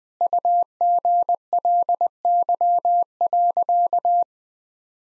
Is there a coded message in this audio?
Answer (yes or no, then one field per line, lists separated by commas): yes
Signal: Morse code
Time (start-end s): 0.2-4.2 s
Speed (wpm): 20 wpm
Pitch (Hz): 700 Hz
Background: none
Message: UGLY.